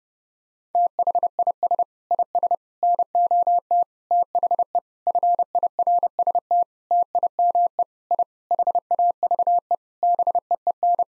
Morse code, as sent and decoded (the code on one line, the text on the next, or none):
- .... .. ... / .. ... / -. --- - / - .... . / ..-. .. .-. ... - / - .. -- . / .. / .... .- ...- . / -... . . -.
THIS IS NOT THE FIRST TIME I HAVE BEEN